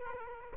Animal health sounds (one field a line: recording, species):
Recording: mosquito wingbeat signal from an infrared sensor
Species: Culex quinquefasciatus